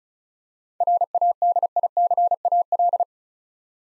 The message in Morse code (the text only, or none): RADICAL